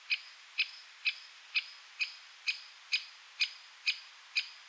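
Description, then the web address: Great spotted woodpecker giving loud, clipped kik calls, about two each second in an even series, with little else audible. "Aktivitetsbanken. Fuglelyder Flaggspett"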